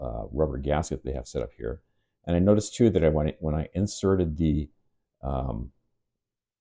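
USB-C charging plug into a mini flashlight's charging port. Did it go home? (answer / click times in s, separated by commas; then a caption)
no / none. Someone talks while a USB-C charging plug is handled at the charging port, which sits under a rubber gasket on a pinky-sized Wuben G1 mini keychain EDC flashlight. Only speech is heard; the plug has not clicked into the port yet, and nothing has seated.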